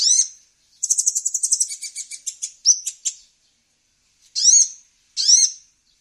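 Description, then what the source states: Brown-throated sunbird song: a fast, buzzy high trill that breaks into chips, then after a pause two separate sharp rising-falling notes, with a quiet background. Indonesian local name kolibri kelapa; described as gacor, singing actively.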